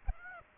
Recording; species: mosquito wingbeat signal from an infrared sensor; Aedes aegypti